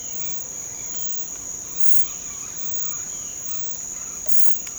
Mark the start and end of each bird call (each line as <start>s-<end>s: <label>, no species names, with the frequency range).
0.00s-1.26s: bird call (1.2-4.3 kHz)
1.69s-4.61s: bird call (0.2-4.6 kHz)